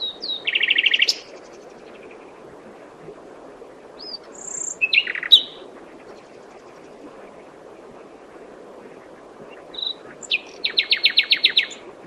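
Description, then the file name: Common nightingale singing: a fast rattling trill, a pause, varied whistled notes, then a loud, rapidly repeated pulsing phrase near the end. "Luscinia megarhynchos"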